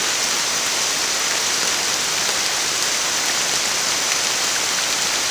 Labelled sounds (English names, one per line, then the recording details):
none
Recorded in dense forest near Puerto Asís, Putumayo, Colombia, on 27 June 2025 at 07:30
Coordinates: 0.468, -76.322
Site GP03